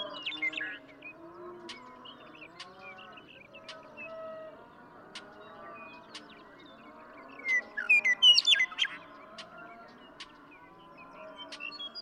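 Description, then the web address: Western meadowlark song: a soft phrase at the start, then a louder run of clear, tumbling whistles later on. Steady low humming tones and clicks sit under it. "birdsongforthecurious songs Western Meadowlark"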